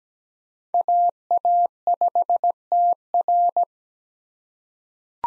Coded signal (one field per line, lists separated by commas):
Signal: Morse code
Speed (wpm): 17 wpm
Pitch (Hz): 700 Hz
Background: none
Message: AA5TR